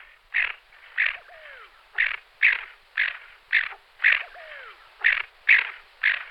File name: Polak kaholka Aythya marila